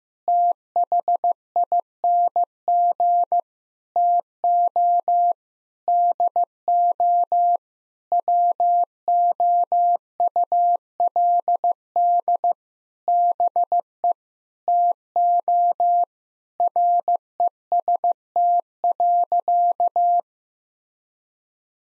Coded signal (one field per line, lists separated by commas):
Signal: Morse code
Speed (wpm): 16 wpm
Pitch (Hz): 700 Hz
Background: none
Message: THING TO DO WOULD BE TO REST.